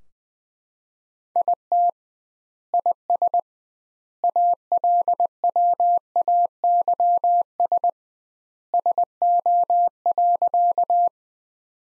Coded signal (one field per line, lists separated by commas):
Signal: Morse code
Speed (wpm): 20 wpm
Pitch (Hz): 700 Hz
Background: none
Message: IT IS ALWAYS SO.